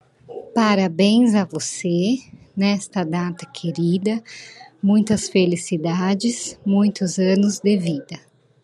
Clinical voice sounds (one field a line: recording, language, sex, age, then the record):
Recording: short text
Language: Brazilian Portuguese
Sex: female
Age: 30 to 39 years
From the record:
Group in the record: control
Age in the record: 35 years